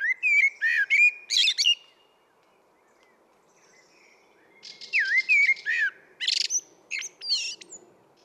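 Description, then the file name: Common blackbird song in two phrases, each opening with fluty warbling and ending in thin high squeaks, separated by a few seconds of quiet. "Turdus merula"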